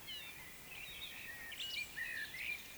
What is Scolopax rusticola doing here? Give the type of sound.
croak